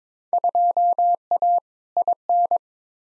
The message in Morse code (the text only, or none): 2A IN